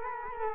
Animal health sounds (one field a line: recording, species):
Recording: mosquito wingbeat signal from an infrared sensor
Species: Culex quinquefasciatus